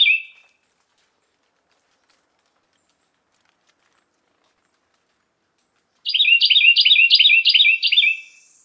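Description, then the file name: Carolina wren singing: a brief tail of one phrase, then several seconds of silence before a fresh burst of several quick, rolling phrases. "suara-kicauan-burung-carolina-wren-variasi-2-omkicau"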